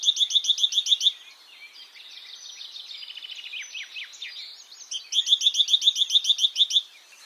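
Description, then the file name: Great tit calling in two fast series of sharp, ringing notes; a softer jumble of twittering fills the pause between the two runs. "Parus major"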